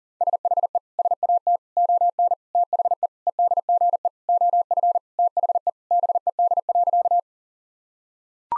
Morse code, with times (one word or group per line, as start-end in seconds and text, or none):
0.2-0.8 SHE
1.0-1.6 SAT
1.8-2.3 ON
2.6-3.1 THE
3.3-4.1 EDGE
4.3-5.0 OF
5.2-5.7 THE
5.9-7.2 BED.